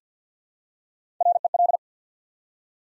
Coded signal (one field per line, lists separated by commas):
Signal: Morse code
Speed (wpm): 50 wpm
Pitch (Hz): 700 Hz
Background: none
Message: REL